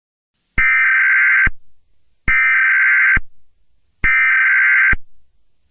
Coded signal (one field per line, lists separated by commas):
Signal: Emergency Alert System (SAME) tones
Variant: header bursts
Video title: EAS Scenario #1: The Nationwide Mega Hurricane